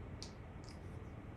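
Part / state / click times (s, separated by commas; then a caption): front face terminal lock onto automotive connector housing / seated / 0.2 s. A plastic front face terminal lock is slid in and pushed down onto an automotive connector housing. It gives a faint, sharp click at 0.2 s, followed by a softer tick at 0.7 s, over a steady low background hum. The terminal lock is seated on the housing.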